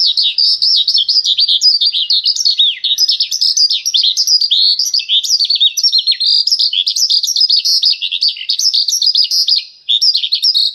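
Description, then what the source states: Horsfield's bush lark sings a steady torrent of high twittering and slurred notes, broken only by one short gap near ten seconds. Vietnam-type song style.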